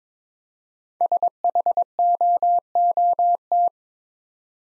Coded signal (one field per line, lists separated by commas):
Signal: Morse code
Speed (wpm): 22 wpm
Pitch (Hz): 700 Hz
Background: none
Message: SHOOT